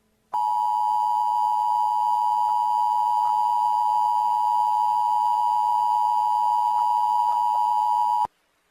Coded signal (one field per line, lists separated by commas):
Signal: Emergency Alert System (SAME) tones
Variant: 853 and 960 Hz attention tone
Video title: SML wiki Lovell EAS scenario/ANALOG HORROR